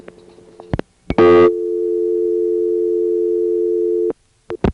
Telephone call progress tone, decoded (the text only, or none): dial tone